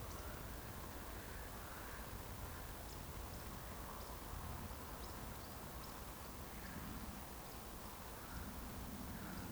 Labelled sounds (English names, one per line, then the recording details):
Eurasian Woodcock whistle
Eurasian Woodcock chase call
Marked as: whistle, whistle, chase, whistle, chase, whistle, chase, whistle, chase, whistle, chase, whistle, chase, whistle, chase, whistle, chase, whistle, chase, whistle, chase, whistle, chase
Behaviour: display flight
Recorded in Baden-Württemberg, Germany, on 15 June 2020 at 20:39 UTC
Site 14569, 102 m above sea level